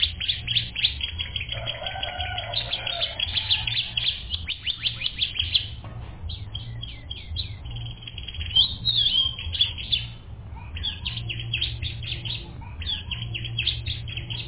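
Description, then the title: Canary song of rapid rolling trills and chirped note series, pausing briefly near six seconds, over a steady low hum. "kenarijos"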